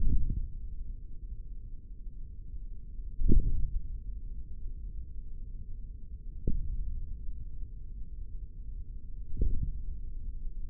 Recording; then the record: forearm muscle sounds (acoustic myography)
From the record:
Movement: hand closing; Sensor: system 3, bracelet of six PUI Audio POM-2738L microphones around the upper forearm, with dedicated amplification and filtering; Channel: 4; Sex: male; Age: 25 years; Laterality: right